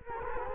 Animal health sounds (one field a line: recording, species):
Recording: mosquito wingbeat signal from an infrared sensor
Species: Culex quinquefasciatus